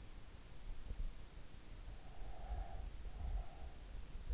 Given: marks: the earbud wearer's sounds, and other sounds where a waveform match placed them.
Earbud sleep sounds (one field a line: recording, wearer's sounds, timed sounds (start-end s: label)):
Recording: sounds in sleep by an in-ear microphone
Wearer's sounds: breath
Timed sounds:
2.03-4.01 s: breath